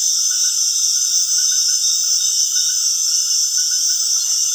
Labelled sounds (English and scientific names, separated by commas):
none